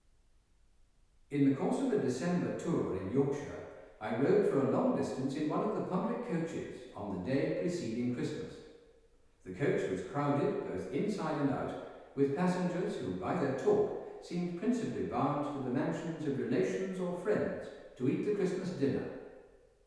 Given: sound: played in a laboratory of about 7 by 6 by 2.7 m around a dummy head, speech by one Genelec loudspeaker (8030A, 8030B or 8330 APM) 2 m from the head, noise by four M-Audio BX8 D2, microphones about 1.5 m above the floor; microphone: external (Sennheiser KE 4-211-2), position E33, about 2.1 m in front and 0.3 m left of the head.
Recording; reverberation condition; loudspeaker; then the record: male speech in English; high; 150 degrees to the left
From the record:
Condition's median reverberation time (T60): about 1300 ms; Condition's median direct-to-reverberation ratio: about -4.0 dB